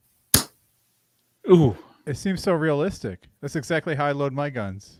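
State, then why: Released. A CO2 fill connection, held in the tip of a CO2 recoil trainer barrel for about ten seconds, releases and pops off with a single sharp, loud pop at 0.3 s. Someone then talks for the rest of the clip.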